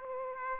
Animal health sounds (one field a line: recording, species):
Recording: mosquito wingbeat signal from an infrared sensor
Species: Aedes aegypti